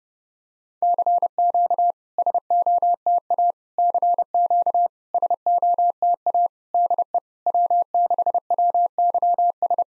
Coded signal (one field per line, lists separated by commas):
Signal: Morse code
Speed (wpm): 30 wpm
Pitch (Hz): 700 Hz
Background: none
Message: CQ SOTA CQ SOTA DE W6WYS